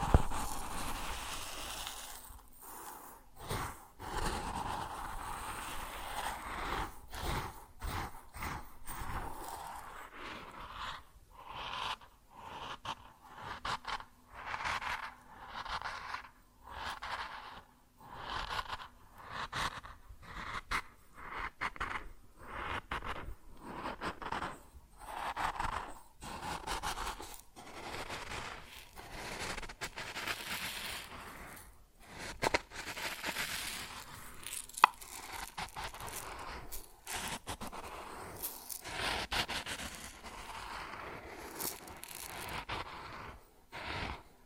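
Grain shifting and rustling in uneven swells, with dense gritty scraping and sharp clicks that come and go in bursts throughout.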